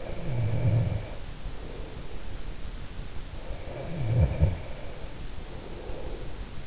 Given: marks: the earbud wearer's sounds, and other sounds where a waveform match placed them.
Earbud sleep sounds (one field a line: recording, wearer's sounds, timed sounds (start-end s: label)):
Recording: sounds in sleep by an in-ear microphone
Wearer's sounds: snoring breath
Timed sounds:
0.00-2.31 s: snoring breath
3.44-6.49 s: snoring breath